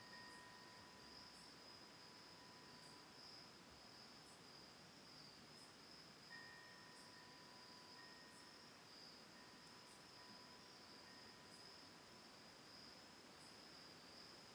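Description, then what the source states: Crickets: a steady high trill with faint short chirps repeating throughout. Autumn night at a lakeside home by Cayuga Lake in Ithaca, New York, recorded October 10, 2020.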